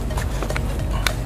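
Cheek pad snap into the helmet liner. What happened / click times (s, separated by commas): The cheek pad snap clicked into place / 1.1 s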